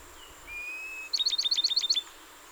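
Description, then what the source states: Bachman's sparrow song: a steady, pure whistled note held about half a second, then a quick, bright trill of seven sharp notes, with a faint hiss behind. Recorded 30 April 2019; the recording holds 27 songs.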